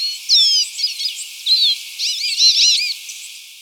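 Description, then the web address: Hooded siskin song: a rapid, varied twitter of high whistled slurs, chips and looping notes, run together in quick bursts with short pauses. Recorded in Ecuador. "Birds of Ecuador. Hooded Siskin"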